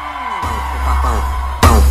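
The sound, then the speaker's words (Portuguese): A crowd of Clube do Remo (Leão) football fans boos Paysandu loudly in a sustained, low, droning roar that swells abruptly twice, with scattered yells rising above the mass of voices. “A torcida do Leão faz barulho e dá uma vaia no Paysandu.”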